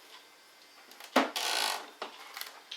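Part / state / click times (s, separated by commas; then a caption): lid latching onto a vacuum sealer base / not seated / none. The plastic lid of an Andrew James vacuum food sealer is handled above its base, ahead of being pressed down until the latches on both sides click shut. A sharp knock sounds at about 1.2 s, followed by a broad rustling scrape until around 1.9 s and a few light taps near 2.0, 2.4 and 2.7 s. Nothing has seated or clicked yet.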